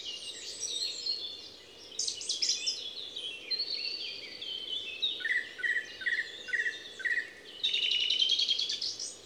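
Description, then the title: Song thrush delivering a busy run of mixed whistles, including a short note repeated five times, followed by a buzzy trilled phrase; steady low hiss behind. Les Avenières Veyrins-Thuellin, Haut-Rhône, France, 2021–22; stereo parabolic microphone (EM172 capsule) with Zoom H4n Pro. "Envirhôna, Les Avenières Veyrins-Thuellin, France - Grive musicienne"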